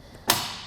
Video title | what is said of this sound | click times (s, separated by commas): Installation Guide for the Inno Tire Hold Bike Rack for 1 Bike on a 2021 Toyota Highlander | and then it snaps into place | 0.3 s